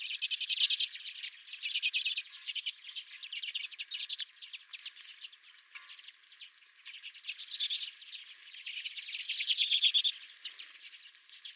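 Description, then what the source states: Redpolls calling in a busy twittering chorus of rapid chips, fading somewhat in the middle before swelling again. Several redpolls at the recordist's own feeder.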